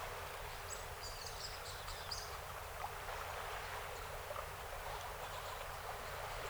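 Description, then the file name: Song sparrow song, faint: a short series of high notes over persistent hiss and a low droning background. 48 songs, 7 June 2018. "2018-06-07 Song Sp 48 Songs"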